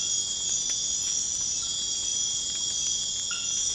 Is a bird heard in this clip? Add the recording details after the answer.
no. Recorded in pastures near Puerto Asís, Putumayo, Colombia, on 12 March 2025 at 01:30. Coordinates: 0.502, -76.324. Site GP07